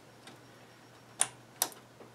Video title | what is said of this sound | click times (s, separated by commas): Unboxing and Installing Corsair DDR4 2400 - Vengeance 288 Pin - 16GB RAM LGA 1151 | and you heard the Click Click | 1.2 s, 1.6 s